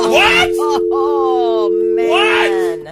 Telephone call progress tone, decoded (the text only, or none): dial tone